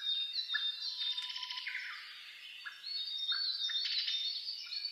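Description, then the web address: Birds in full chorus: high thin whistles, chattering trills and short chirps from several singers, with a few bursts of rapid notes. Dawn chorus (reimei) of birdsong (saezuri), recorded 10 May 2010 at 04:01 with a DH-D50 recorder. "sounds data 2010 reimei DH-D 50-saezuri-20100510-0401"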